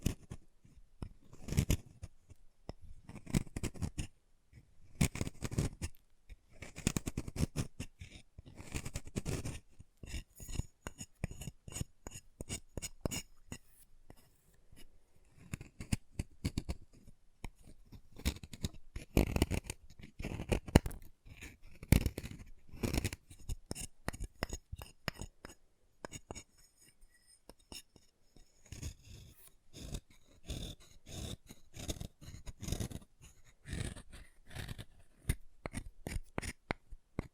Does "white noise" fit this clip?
no